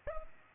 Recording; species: mosquito wingbeat signal from an infrared sensor; Culex pipiens